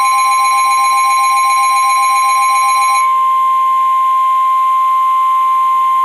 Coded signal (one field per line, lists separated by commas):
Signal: Emergency Alert System (SAME) tones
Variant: 1050 Hz attention tone